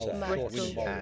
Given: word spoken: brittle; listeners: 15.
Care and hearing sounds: one English word in noise, from a listening test; four-talker babble; -2.2 dB; 1 of 15; 9 of 15; 0.62 s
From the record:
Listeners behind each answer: 9, 2, 1, 1, 1, 1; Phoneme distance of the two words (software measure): 44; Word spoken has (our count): 2 syllables, 5 phonemes, stress on syllable 1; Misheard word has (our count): 1 syllable, 3 phonemes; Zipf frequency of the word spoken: 3.38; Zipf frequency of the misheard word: 6.11

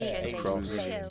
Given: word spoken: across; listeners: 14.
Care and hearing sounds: one English word in noise, from a listening test; four-talker babble; -1.6 dB; 1 of 14; 7 of 14; 0.70 s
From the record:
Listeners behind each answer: 7, 2, 1, 1, 1, 1, 1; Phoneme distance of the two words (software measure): 7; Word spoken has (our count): 2 syllables, 5 phonemes, stress on syllable 2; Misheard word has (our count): 1 syllable, 4 phonemes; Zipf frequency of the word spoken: 5.49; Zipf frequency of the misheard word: 4.94

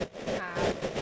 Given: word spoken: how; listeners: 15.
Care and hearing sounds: one English word in noise, from a listening test; noise modulated by three-talker babble; -7.6 dB; 0 of 15; 7 of 15; 0.62 s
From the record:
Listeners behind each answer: 7, 2, 1, 1, 1, 1, 1, 1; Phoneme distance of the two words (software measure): 17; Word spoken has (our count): 1 syllable, 2 phonemes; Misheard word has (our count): 1 syllable, 3 phonemes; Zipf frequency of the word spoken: 6.33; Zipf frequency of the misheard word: 6.90

